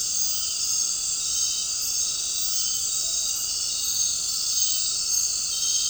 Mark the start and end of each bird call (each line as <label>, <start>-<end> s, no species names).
bird call, 2.92-3.19 s